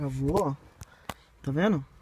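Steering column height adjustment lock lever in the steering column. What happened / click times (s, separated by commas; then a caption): The lever is handled but no clear locking snap is confirmed / none. On a Chevrolet Astra, the steering column height adjustment lock lever in the steering column is being handled to relock it, while someone talks. Two brief, sharp taps come between the speech, but nothing has seated or clicked yet.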